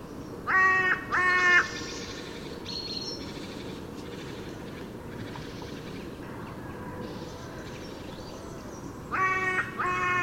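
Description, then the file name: Carrion crow with two harsh caws at the start and two more near the end, separated by a quiet stretch with faint bird calls. "Corvus corone"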